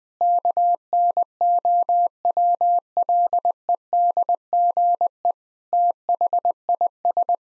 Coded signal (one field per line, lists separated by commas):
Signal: Morse code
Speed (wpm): 21 wpm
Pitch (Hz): 700 Hz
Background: none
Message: KNOWLEDGE THIS